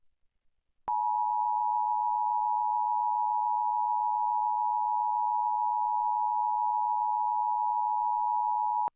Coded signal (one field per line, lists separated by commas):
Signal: Emergency Alert System (SAME) tones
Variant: 853 and 960 Hz attention tone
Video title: June 2021 Oklahoma Required Monthly Test (Subchannel Showcase Part 2) | 6/8/21 | EAS 285-288